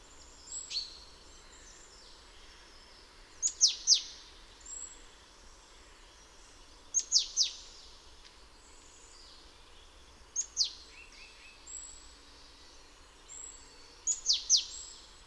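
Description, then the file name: Great tit calling with thin, high-pitched downward-sweeping notes grouped in twos and threes, clusters spaced about three to four seconds apart, with soft background hiss. "Parus major"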